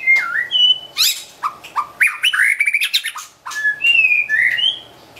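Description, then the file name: White-rumped shama song with clear slurred whistles, sliding notes and harsh buzzy bursts, phrases separated by short breaks. Wild bird from forest in Medan, singing actively (gacor). "suara burung murai batu hutan medan gacor"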